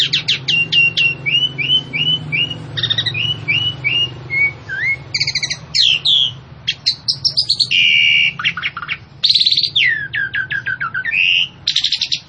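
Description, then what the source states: Javan pied starling song: a long, busy medley of repeated rising whistles, clicks, harsh buzzy notes and slurred chirps in rapid, varied sequence; low hum throughout. Female bird, vocal and persistent (gacor, ngotot).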